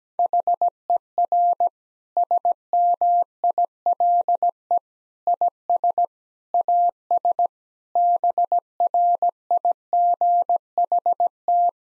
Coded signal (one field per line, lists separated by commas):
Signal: Morse code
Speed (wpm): 17 wpm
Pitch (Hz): 700 Hz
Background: none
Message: HER SMILE IS AS BRIGHT